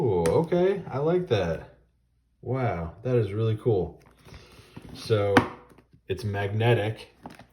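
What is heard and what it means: Someone talks while handling the magnetic closure flap on a rigid cardboard box for the Middle-earth 31-disc Ultimate Collector's Edition 4K Blu-ray of The Hobbit and Lord of the Rings trilogies. A few faint handling taps come near the end, around 7.3 to 7.6 s. The flap has not snapped shut or clicked yet.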